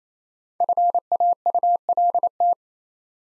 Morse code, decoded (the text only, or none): FAULT